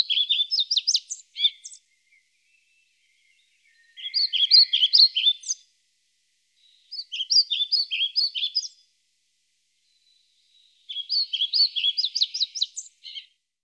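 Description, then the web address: European pied flycatcher song: four short phrases of high, sweet, rhythmic notes, each up to about two seconds long, separated by short pauses. "IVN Zangvogels. Bonte vliegenvanger"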